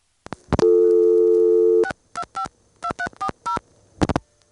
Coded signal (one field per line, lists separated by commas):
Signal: DTMF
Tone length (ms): 80 ms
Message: 6252340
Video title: ITT Pentaconta Crossbar Switch in Asheboro NC 1st pgm, March 1977